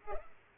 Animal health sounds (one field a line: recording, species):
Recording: mosquito wingbeat signal from an infrared sensor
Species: Culex pipiens